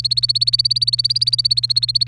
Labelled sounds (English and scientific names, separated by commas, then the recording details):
Domestic Canary (Serinus canaria) song
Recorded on 29 April 2018 at 10:34
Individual llb3